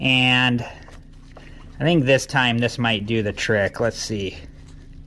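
A wood screw is about to be driven back into a stripped door hinge screw hole in a wooden door frame, with the hole packed with toothpicks so the screw can grip instead of spinning. Someone talks throughout, with faint brief sounds near 1.3 s and 1.4 s in a quiet gap. The screw has not seated or clicked yet.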